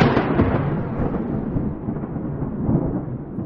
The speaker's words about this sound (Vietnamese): sấm chớp nổ đình tài nhức ốc.